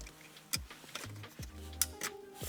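A factory wiring harness plug is pushed into the back of an aftermarket ERISIN CarPlay unit being installed in a Porsche 981/718/991 911, Boxster or Cayman. Over faint background music, there are soft handling ticks and rustles before a sharp, loud click at 1.8 s as the plug seats fully, confirming it plugs straight in.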